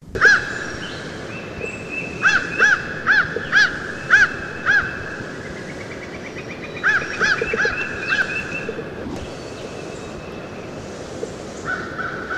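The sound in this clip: American crow giving harsh, nasal caws in quick series of up to six, pausing between bursts, over steady outdoor background noise.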